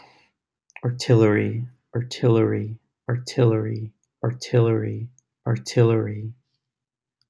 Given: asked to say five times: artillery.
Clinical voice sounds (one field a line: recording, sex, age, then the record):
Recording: repeated word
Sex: male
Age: 40 to 49 years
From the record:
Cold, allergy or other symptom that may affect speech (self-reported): no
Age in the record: 44 years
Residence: California, United States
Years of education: 16